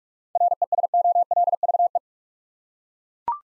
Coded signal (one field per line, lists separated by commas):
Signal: Morse code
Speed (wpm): 41 wpm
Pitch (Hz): 700 Hz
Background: none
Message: RESOLVE